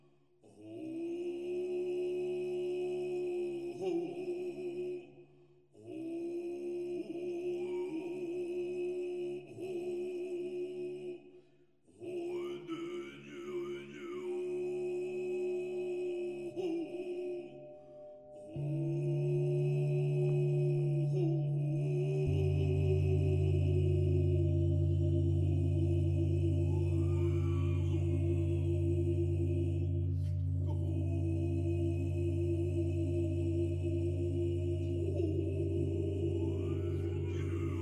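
Buddhist chanting: a steady, low sustained vocal tone repeats in long phrases, broken by short pauses in the first eighteen seconds. After that, a deeper drone joins beneath it and the sound thickens into one continuous hum, with a faint bright ring above.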